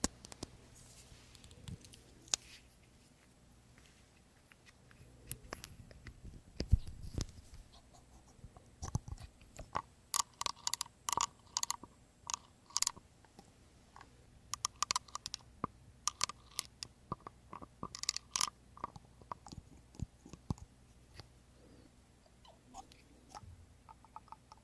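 Creamy products being worked and massaged, heard as short wet, squishy clicks and crackles. Sparse at first, they come in dense clustered bursts from about ten to nineteen seconds, then thin out again. A low steady hum runs underneath throughout.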